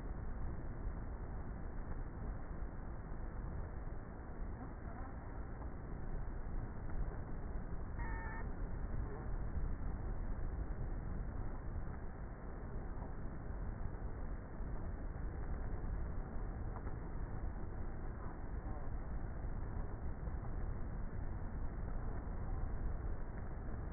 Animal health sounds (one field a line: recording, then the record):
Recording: honeybee colony, microphone inside the hive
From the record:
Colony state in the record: queenless with a low population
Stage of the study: before two queens were removed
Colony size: about 30,000 bees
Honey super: no